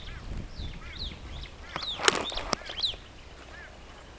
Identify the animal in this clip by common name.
Superb Starling